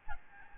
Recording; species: mosquito wingbeat signal from an infrared sensor; Aedes albopictus